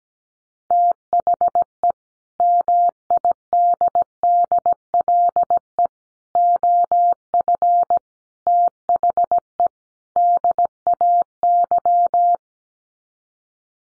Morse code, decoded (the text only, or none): THE MIDDLE OF THE DAY